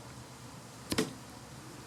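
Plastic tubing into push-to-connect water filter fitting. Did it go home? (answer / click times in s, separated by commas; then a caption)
yes / 0.9 s, 1.0 s. Plastic water tubing is pushed the remaining quarter inch into a push-to-connect fitting on a water filter system, giving two sharp clicks at 0.9 s and 1.0 s over a quiet background. The tubing is now fully seated in the fitting and won't leak.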